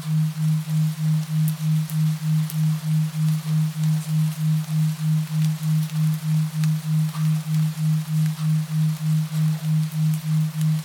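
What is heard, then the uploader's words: A low, steady hum pulses in a smooth, even throb, about two to three times per second, without a break. Behind it, gentle rain makes a soft, constant hiss with faint scattered drips. Nothing else changes across the clip. 8 Hours of Binaural Beats with Rain | 4hz Theta Waves. Theta wave Binaural Beats and gentle rain sounds.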